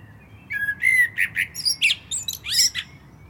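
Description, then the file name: Common blackbird song: a brief fluted phrase of rapid whistled notes, ending in high squeaky twittering. "Turdus merula"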